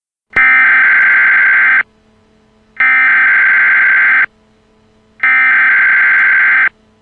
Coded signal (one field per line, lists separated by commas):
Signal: Emergency Alert System (SAME) tones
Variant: header bursts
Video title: EAS Scenario: SCP-096